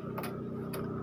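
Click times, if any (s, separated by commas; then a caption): 0.2 s, 0.7 s. On an Epson L3110 or L3210 printer board, the locking tab of the print head flex cable connector is pushed shut after the flex cable has been pulled into place. Two short, sharp clicks sound at 0.2 s and 0.7 s over a steady low hum, and the connector lock is seated.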